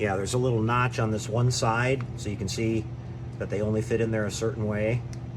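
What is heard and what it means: A small notched part from a DeAgostini 1:8 scale Ford GT model car kit is handled and lined up by its notch against its keyed mounting on the model chassis while someone talks over a steady low hum. Nothing has seated or clicked yet; the clip ends just before the part snaps home.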